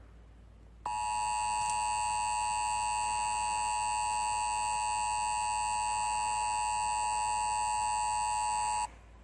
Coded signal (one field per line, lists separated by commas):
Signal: Emergency Alert System (SAME) tones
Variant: 853 and 960 Hz attention tone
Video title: Aesthetic eas alert